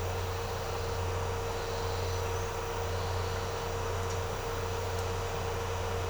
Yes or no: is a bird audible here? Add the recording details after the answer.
no. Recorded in secondary vegetation near Puerto Asís, Putumayo, Colombia, on 4 March 2025 at 10:00. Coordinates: 0.468, -76.324. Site G059